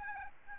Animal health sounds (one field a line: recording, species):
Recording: mosquito wingbeat signal from an infrared sensor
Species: Aedes albopictus